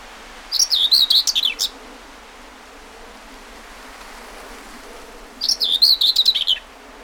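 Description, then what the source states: Common whitethroat delivering two quick, rough chattering phrases separated by a few seconds of quiet, each tumbling downward at its end. Recorded 20 May 2009.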